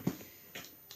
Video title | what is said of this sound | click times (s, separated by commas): Haul action # 2 Avril | donc il se ferme, il se clipse avant, il se fermait pas. | 0.6 s, 0.9 s